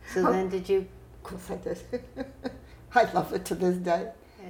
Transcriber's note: laughs